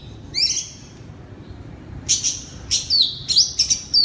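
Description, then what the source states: Oriental magpie-robin giving a drawn whistled note, then after a pause a quick series of sharp, high whistles and slurs. Loud song style called ngeplong keras in Indonesian (kacer).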